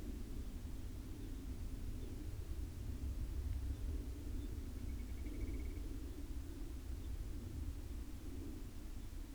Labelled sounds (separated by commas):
grouse or ptarmigan, aircraft